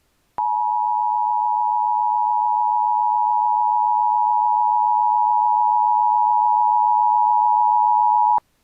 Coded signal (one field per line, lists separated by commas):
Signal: Emergency Alert System (SAME) tones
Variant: 853 and 960 Hz attention tone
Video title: EAS Scenario - The Blob